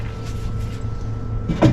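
A heavy-duty glass sliding cabin door on a boat is handled as it slides toward its lock in the cabin door frame. A steady low hum runs throughout, with a louder burst of sliding noise building around 1.5 to 1.7 seconds. Nothing has seated or clicked yet.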